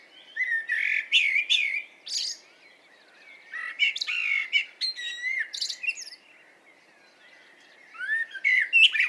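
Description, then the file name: Common blackbird sings rich, warbling flute-like phrases, each trailing into shrill twittering, repeated three times with short silences between. "Turdus merula"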